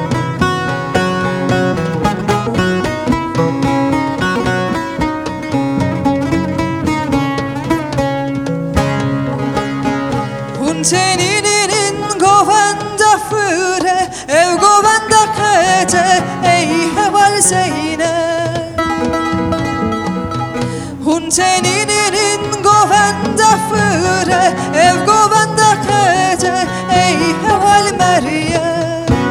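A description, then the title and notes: Loud, dense music at a Kurdish Newroz celebration plays throughout, with a steady beat and full sound. A wavering sung or lead melody comes forward around ten seconds, with bright high sizzle above, and brief dips near nine and twenty-one seconds. Newroz Festival, Brighton, BMEC Center. A short clip from one of 2 Kurdish Newroz celebrations in Brighton 2016.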